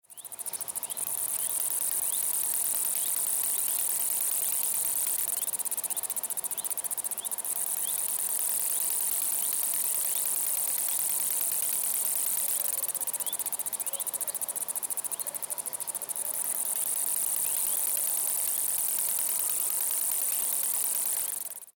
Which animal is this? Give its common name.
Eurasian Meadow Katydid